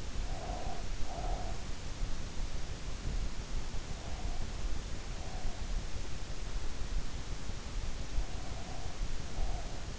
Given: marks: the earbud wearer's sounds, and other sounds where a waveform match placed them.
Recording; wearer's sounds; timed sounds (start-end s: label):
sounds in sleep by an in-ear microphone; breath
0.00-1.73 s: breath
8.29-9.93 s: breath